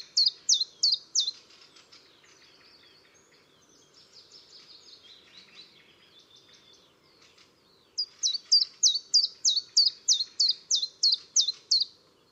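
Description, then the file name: Common chiffchaff song: two runs of quick, even, high descending notes about three per second, with a quieter, softer twittering passage between them. "gransangare"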